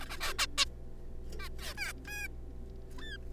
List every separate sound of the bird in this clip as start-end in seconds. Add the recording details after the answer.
0.01-0.05, 0.10-0.17, 0.21-0.33, 0.39-0.46, 0.58-0.65, 1.40-1.49, 1.59-1.74, 1.78-1.92, 2.07-2.28, 2.99-3.17. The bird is a juvenile. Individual R3549